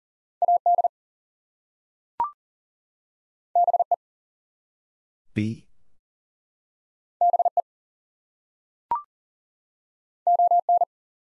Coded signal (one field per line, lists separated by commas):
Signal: Morse code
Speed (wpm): 38 wpm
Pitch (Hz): 700 Hz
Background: none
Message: AD BE BE ON